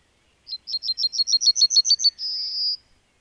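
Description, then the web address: A bird sings one phrase: about a dozen rapid, high, clipped notes that speed along evenly, then a held buzzy final note lasting half a second. "madarak enek"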